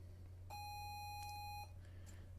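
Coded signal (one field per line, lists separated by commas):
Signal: ZX Spectrum tape loading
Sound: a steady buzzy mid-pitched tone for about a second, a click, then faint hiss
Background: low hum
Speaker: that's the audio and if i hold down shift and play it will loop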